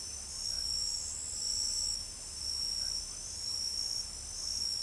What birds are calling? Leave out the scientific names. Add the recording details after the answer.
none. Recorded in pastures near Pivijay, Magdalena, Colombia, on 1 June 2023 at 23:30. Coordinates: 10.456, -74.369. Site P6-G026